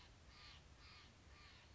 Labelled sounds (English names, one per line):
Steller's Jay